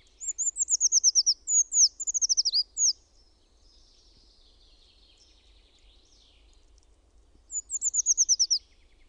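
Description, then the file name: Eurasian treecreeper giving two high, descending trilled phrases back to back, a soft faint twitter in between, then another thin falling phrase at the end. "PUUKIIPIJA"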